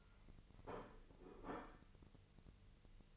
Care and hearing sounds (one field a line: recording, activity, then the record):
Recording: daily activity, microphone in the room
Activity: place plate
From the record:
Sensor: 4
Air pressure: 1008.3 hPa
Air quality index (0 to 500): 83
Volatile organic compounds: 1 ppm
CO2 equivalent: 654 ppm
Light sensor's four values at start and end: 13/29/11/11 and 13/29/11/11